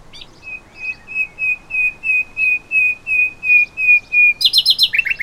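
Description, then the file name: Common nightingale song: a series of pure whistled notes, repeated about three times a second and swelling louder, ending in a quick, harsh chattering flourish. "Luscinia megarhynchos"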